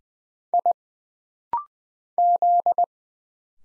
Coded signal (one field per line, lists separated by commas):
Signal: Morse code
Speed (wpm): 20 wpm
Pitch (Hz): 700 Hz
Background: none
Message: I Z